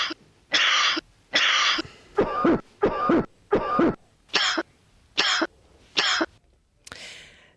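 A series of repeated dry coughs from an adult, harsh bursts in quick succession that sound almost non-human.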